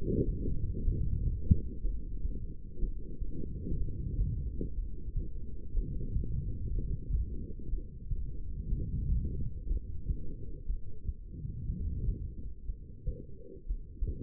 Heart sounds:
heart sounds by stethoscope; 61 bpm
0.84 s: heartbeat
1.82 s: heartbeat
2.79 s: heartbeat
3.77 s: heartbeat
4.75 s: heartbeat
5.74 s: heartbeat
6.71 s: heartbeat
7.70 s: heartbeat
8.69 s: heartbeat
9.68 s: heartbeat
10.67 s: heartbeat
11.66 s: heartbeat
12.66 s: heartbeat
13.67 s: heartbeat
From the record:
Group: heart failure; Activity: light exercise 0-10 s, rest 10-14 s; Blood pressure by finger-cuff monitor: 72/59 mmHg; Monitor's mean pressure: 66 mmHg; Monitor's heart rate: 63 bpm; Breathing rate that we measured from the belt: 22 breaths a minute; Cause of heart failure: non-ischemic cardiomyopathy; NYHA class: 1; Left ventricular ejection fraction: 52%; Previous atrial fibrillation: present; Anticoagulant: apixaban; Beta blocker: bisoprolol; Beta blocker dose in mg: 10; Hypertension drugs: sacubitril-valsartan, spironolactone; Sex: female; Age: 68 years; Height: 169 cm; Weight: 71 kg

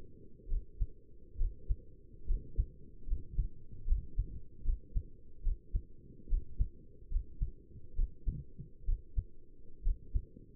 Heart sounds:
heart sounds by stethoscope; 71 bpm
0.49 s: heartbeat
1.39 s: heartbeat
2.28 s: heartbeat
3.08 s: heartbeat
3.88 s: heartbeat
4.65 s: heartbeat
5.44 s: heartbeat
6.30 s: heartbeat
7.12 s: heartbeat
7.97 s: heartbeat
8.87 s: heartbeat
9.84 s: heartbeat
From the record:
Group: healthy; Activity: rest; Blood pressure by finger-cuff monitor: 103/66 mmHg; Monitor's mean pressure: 77 mmHg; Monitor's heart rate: 70 bpm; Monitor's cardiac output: 6.4 L/min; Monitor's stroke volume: 91 mL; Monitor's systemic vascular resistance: 870 dyn s/cm5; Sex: male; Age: 22 years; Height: 181 cm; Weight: 79 kg

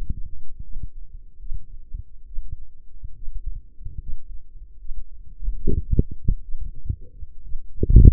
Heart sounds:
heart sounds by microphone in the left ear; 71 bpm
0.62 s: heartbeat
1.38 s: heartbeat
2.25 s: heartbeat
3.14 s: heartbeat
3.99 s: heartbeat
4.77 s: heartbeat
5.54 s: heartbeat
6.41 s: heartbeat
7.41 s: heartbeat
From the record:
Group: healthy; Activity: rest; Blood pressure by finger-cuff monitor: 101/73 mmHg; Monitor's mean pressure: 82 mmHg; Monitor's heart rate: 77 bpm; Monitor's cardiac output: 5.2 L/min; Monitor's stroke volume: 70 mL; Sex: female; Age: 36 years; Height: 163 cm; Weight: 88 kg

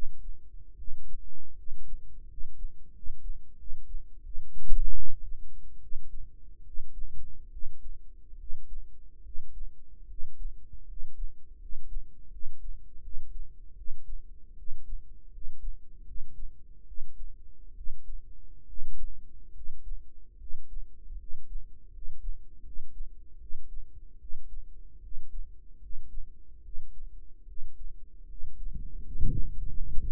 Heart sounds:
heart sounds by microphone in the right ear; 77 bpm
0.74 s: heartbeat
1.54 s: heartbeat
2.25 s: heartbeat
2.91 s: heartbeat
3.55 s: heartbeat
4.21 s: heartbeat
4.93 s: heartbeat
5.79 s: heartbeat
6.62 s: heartbeat
7.49 s: heartbeat
8.36 s: heartbeat
9.21 s: heartbeat
10.05 s: heartbeat
10.84 s: heartbeat
11.57 s: heartbeat
12.29 s: heartbeat
13.00 s: heartbeat
13.74 s: heartbeat
14.54 s: heartbeat
15.29 s: heartbeat
16.03 s: heartbeat
16.84 s: heartbeat
17.73 s: heartbeat
18.64 s: heartbeat
19.51 s: heartbeat
20.36 s: heartbeat
21.15 s: heartbeat
21.89 s: heartbeat
22.61 s: heartbeat
23.37 s: heartbeat
24.17 s: heartbeat
24.99 s: heartbeat
25.78 s: heartbeat
26.61 s: heartbeat
27.44 s: heartbeat
28.25 s: heartbeat
29.00 s: heartbeat
29.68 s: heartbeat
From the record:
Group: healthy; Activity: rest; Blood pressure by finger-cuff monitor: 103/75 mmHg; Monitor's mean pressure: 82 mmHg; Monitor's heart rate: 75 bpm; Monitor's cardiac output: 5.4 L/min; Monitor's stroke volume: 72 mL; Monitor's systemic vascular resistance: 1080 dyn s/cm5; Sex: male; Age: 21 years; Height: 170 cm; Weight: 71 kg

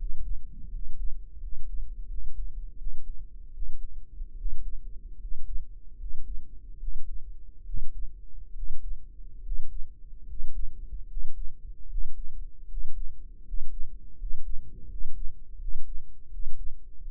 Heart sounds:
heart sounds by microphone in the right ear; 77 bpm
0.68 s: heartbeat
1.37 s: heartbeat
2.06 s: heartbeat
2.75 s: heartbeat
3.51 s: heartbeat
4.34 s: heartbeat
5.17 s: heartbeat
5.96 s: heartbeat
6.77 s: heartbeat
7.63 s: heartbeat
8.52 s: heartbeat
9.41 s: heartbeat
10.24 s: heartbeat
11.06 s: heartbeat
11.87 s: heartbeat
12.66 s: heartbeat
13.42 s: heartbeat
14.15 s: heartbeat
14.86 s: heartbeat
15.57 s: heartbeat
16.28 s: heartbeat
17.02 s: heartbeat
From the record:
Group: healthy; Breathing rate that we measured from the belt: 13 breaths a minute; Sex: male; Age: 23 years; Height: 178 cm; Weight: 96.6 kg

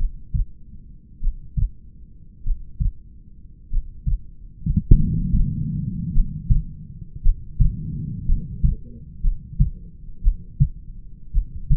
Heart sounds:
heart sounds by stethoscope; 53 bpm
0.01 s: heartbeat
1.24 s: heartbeat
2.47 s: heartbeat
3.74 s: heartbeat
5.00 s: heartbeat
6.17 s: heartbeat
7.26 s: heartbeat
8.30 s: heartbeat
9.26 s: heartbeat
10.26 s: heartbeat
11.36 s: heartbeat
From the record:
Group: heart failure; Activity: Valsalva maneuver 0-9 s, rest 9-12 s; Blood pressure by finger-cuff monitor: 89/63 mmHg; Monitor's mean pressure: 70 mmHg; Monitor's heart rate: 49 bpm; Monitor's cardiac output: 3.9 L/min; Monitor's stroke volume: 81 mL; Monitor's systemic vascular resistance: 1300 dyn s/cm5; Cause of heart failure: familial cardiomyopathy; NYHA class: 1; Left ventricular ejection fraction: 49%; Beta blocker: bisoprolol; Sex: male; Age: 31 years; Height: 194 cm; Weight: 96 kg

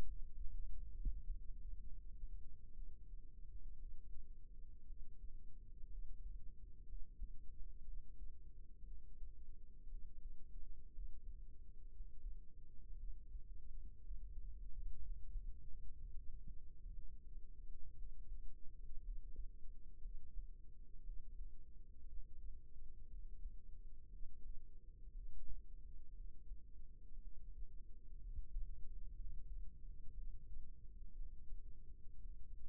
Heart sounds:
heart sounds by microphone in the right ear; 60 bpm
0.02 s: heartbeat
0.92 s: heartbeat
1.78 s: heartbeat
2.72 s: heartbeat
3.76 s: heartbeat
4.83 s: heartbeat
5.86 s: heartbeat
6.83 s: heartbeat
7.81 s: heartbeat
8.82 s: heartbeat
9.86 s: heartbeat
10.89 s: heartbeat
11.88 s: heartbeat
12.94 s: heartbeat
13.98 s: heartbeat
14.98 s: heartbeat
15.95 s: heartbeat
16.90 s: heartbeat
17.93 s: heartbeat
19.00 s: heartbeat
19.98 s: heartbeat
21.01 s: heartbeat
22.04 s: heartbeat
23.07 s: heartbeat
24.06 s: heartbeat
25.10 s: heartbeat
26.11 s: heartbeat
27.18 s: heartbeat
28.18 s: heartbeat
29.13 s: heartbeat
30.11 s: heartbeat
31.11 s: heartbeat
32.18 s: heartbeat
From the record:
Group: healthy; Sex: female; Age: 37 years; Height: 168 cm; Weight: 70 kg

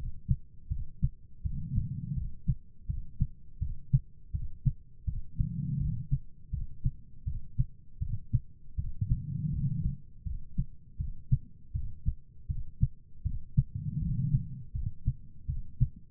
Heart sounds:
heart sounds by stethoscope; 81 bpm
0.69 s: heartbeat
1.43 s: heartbeat
2.15 s: heartbeat
2.87 s: heartbeat
3.59 s: heartbeat
4.32 s: heartbeat
5.05 s: heartbeat
5.78 s: heartbeat
6.51 s: heartbeat
7.25 s: heartbeat
7.99 s: heartbeat
8.76 s: heartbeat
9.51 s: heartbeat
10.24 s: heartbeat
10.98 s: heartbeat
11.73 s: heartbeat
12.47 s: heartbeat
13.23 s: heartbeat
14.00 s: heartbeat
14.72 s: heartbeat
15.47 s: heartbeat
From the record:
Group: healthy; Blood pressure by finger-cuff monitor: 121/87 mmHg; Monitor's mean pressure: 102 mmHg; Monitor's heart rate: 81 bpm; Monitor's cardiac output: 4.8 L/min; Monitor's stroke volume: 59 mL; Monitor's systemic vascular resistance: 1570 dyn s/cm5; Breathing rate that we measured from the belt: 15 breaths a minute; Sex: female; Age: 51 years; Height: 162 cm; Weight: 70.04 kg

